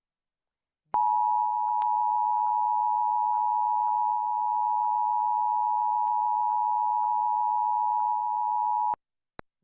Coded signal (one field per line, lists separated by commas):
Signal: Emergency Alert System (SAME) tones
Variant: 853 and 960 Hz attention tone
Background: speech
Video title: 2023 National EAS Test on Tampa Bay local TV stations